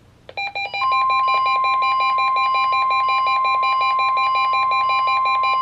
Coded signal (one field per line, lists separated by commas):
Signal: Emergency Alert System (SAME) tones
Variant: 1050 Hz attention tone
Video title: EAS #34-#42: Two Double Headers and Emergency Management | KHB36